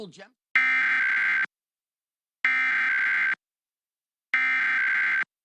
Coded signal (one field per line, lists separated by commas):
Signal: Emergency Alert System (SAME) tones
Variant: header bursts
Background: speech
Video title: August 2021 Oklahoma Required Monthly Test (Subchannel Showcase Part 4) | 8/3/21 | EAS 410-417